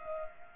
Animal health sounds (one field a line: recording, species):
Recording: mosquito wingbeat signal from an infrared sensor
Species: Culex pipiens